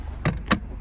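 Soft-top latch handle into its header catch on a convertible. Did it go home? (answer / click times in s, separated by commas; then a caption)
yes / 0.3 s, 0.5 s. The manual soft-top latch handle on a 2019 Mazda MX-5 Miata Sport roadster is pressed back into its header catch. Two sharp snaps ring out at 0.3 s and 0.5 s over a steady low hum, the second one louder. The convertible top latch is seated and shut.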